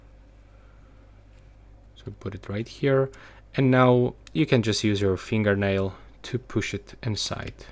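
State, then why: Not seated. A microSD card is lined up at the card slot of a handheld game console with its cutout on the right side, ready to be pushed in with a fingernail. Someone talks over a quiet background with faint handling sounds. The card has not seated or clicked yet.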